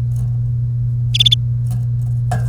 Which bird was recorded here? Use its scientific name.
Serinus canaria